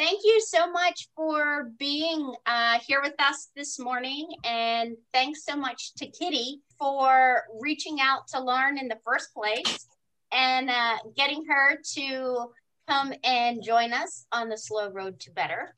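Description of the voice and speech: One adult woman speaks in clear, fluent, mid-pitched voice: a warm on-air welcome with natural phrasing, brief pauses and a few drawn-out filler sounds. Articulation and voice quality are ordinary, with no sign of a speech or voice disorder.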